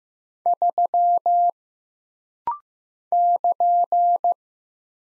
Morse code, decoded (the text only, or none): 3 <KN>